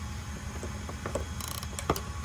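A torque limiting driver rechecks an optic mounting screw in a pistol slide, clicking and slipping at its setting at 1.4, 1.5, 1.6, 1.8, 1.9 and 2.0 seconds. The sharp ratcheting clicks stand out over a steady low background, with the loudest at 1.9 seconds, confirming the screw is at its set torque.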